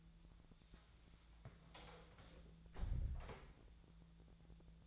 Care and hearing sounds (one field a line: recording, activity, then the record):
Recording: daily activity, microphone in the room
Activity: close door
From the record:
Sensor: 3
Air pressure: 1000.4 hPa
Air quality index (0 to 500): 182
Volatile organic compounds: 4 ppm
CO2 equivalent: 1573 ppm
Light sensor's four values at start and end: 12/30/12/13 and 12/30/12/13